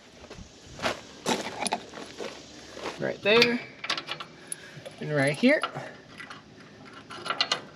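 Someone talks while handling a retaining pin at the mower deck attachment bracket of a Ventrac compact tractor; the pin keeps the deck height set. Short metallic clinks and rattles come through between the words. The pin has not seated or clicked home yet.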